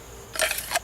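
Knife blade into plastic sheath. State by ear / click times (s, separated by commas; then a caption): not seated / none. A Cold Steel Bushman fixed-blade knife is being handled and pushed toward its molded Secure-Ex plastic sheath. A brief bright scraping rustle rises at about 0.4 s and trails off with a second small burst near 0.8 s, against a quiet background. Nothing has seated or clicked yet; the blade is not yet locked in the sheath.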